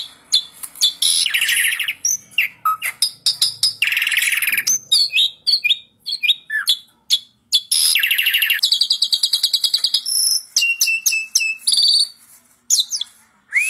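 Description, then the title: Asian pied starling singing a busy medley of harsh rasping notes, sharp clicks and high whistles, with a few brief gaps. Masteran training audio of Asian pied starling song, used to spur songbirds that sing little or seem listless into singing. "Masteran Jalak Suren"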